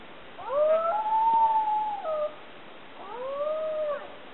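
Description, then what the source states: Dingo howls, two long wavering tones that rise and then fall, the first held for nearly two seconds, a shorter second howl following after a brief pause. Wild dog, compared to coyotes in America.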